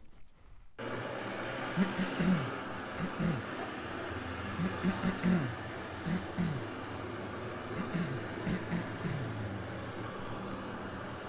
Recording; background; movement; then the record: throat clearing; traffic; sitting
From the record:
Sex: male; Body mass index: 20.5 kg/m2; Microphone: on the chest, facing outward